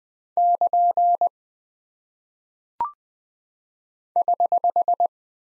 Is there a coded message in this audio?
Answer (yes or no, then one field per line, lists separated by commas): yes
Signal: Morse code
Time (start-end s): 0.4-5.1 s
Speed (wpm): 20 wpm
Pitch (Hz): 700 Hz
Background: none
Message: <KN> <HH>